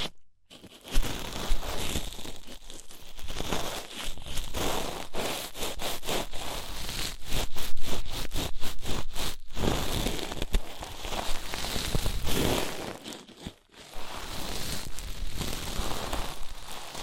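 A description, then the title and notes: Ear-treatment ASMR: dense, continuous crinkling and tearing-like rustles with rapid crackly bursts, brief silences near the start and around thirteen seconds. ASMR Deep Ear Treatment for Sleep (No Talking).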